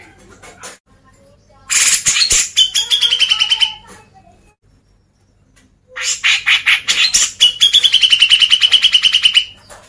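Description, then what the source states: Grey-cheeked bulbul song: two loud bouts of grating chatter, each ending in a rapid even trill, with a pause of about two seconds between them. Masteran, a training recording played to caged birds.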